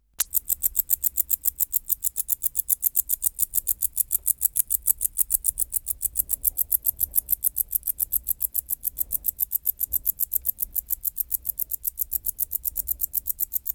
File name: Decticus verrucivorus